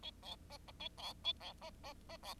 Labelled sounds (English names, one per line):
Bengalese Finch song